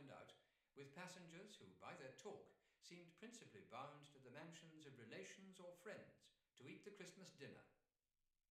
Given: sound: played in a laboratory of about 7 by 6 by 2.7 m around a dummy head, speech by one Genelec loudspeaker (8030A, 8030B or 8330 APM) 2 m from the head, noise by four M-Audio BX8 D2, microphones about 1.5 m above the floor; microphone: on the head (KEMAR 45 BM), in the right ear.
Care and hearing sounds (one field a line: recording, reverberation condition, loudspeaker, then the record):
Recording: male speech in English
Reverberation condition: medium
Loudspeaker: 90 degrees to the right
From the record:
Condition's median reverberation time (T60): about 510 ms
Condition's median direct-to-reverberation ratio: about -0.5 dB